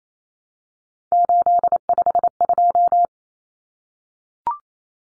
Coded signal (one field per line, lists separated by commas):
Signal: Morse code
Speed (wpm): 28 wpm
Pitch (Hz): 700 Hz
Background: none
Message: 852